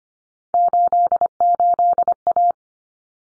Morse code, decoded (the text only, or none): 88A